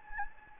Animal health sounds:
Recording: mosquito wingbeat signal from an infrared sensor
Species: Anopheles gambiae

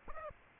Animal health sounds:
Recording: mosquito wingbeat signal from an infrared sensor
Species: Aedes aegypti

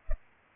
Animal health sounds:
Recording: mosquito wingbeat signal from an infrared sensor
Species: Culex pipiens

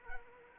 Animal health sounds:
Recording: mosquito wingbeat signal from an infrared sensor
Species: Anopheles arabiensis

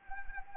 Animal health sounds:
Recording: mosquito wingbeat signal from an infrared sensor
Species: Anopheles arabiensis

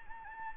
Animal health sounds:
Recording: mosquito wingbeat signal from an infrared sensor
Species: Anopheles gambiae

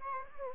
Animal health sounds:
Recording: mosquito wingbeat signal from an infrared sensor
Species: Anopheles gambiae

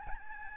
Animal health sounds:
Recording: mosquito wingbeat signal from an infrared sensor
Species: Aedes albopictus

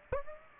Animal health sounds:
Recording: mosquito wingbeat signal from an infrared sensor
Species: Aedes aegypti

